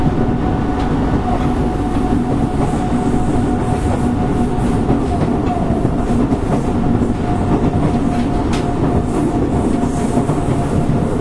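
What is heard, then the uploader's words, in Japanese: An electric commuter train runs steadily with a dense low rumble, a sustained motor whine, and occasional rail clicks throughout, recorded from inside. 福岡市交通局 2000系電車の走行音です。地下鉄空港線からJR筑肥線への直通列車にて収録。区間は博多から筑前前原までです。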